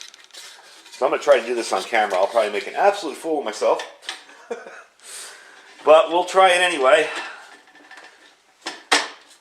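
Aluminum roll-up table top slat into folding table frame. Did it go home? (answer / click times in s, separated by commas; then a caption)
yes / 8.7 s, 8.9 s. Someone talks while fitting the roll-up aluminum table top slats of an EDEUOEY Aluminum Folding Camp Table onto its folding frame, lining up the lines on the back with the holes. Sharp metallic clacks ring out at 8.7 s and 8.9 s as the slats snap into place, and one side is confirmed seated.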